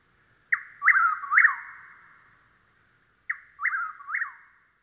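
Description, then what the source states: Chuck-will's-widow giving two whistled three-part song phrases about three seconds apart, a short sharp opening note then two loud slurred whistles. Nighttime song; sandy pine woods of the southeast; song easily confused with the whip-poor-will's.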